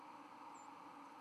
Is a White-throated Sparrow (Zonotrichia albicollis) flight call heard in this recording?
no